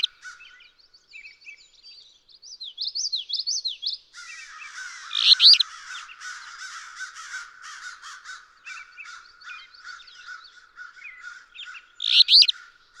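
Alder flycatcher song: two burry phrases about seven seconds apart, preceded by another bird's clear warbled song and a dense chattering chorus.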